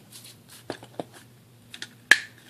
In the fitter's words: rotate this piece up and that will lock that into place and there